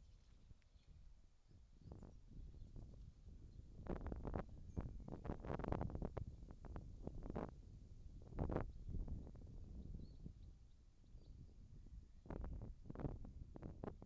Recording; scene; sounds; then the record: everyday scene through a hearing-aid microphone; wind on the microphone; wind, whistling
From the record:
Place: in front of a rural house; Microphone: in the ear canal, left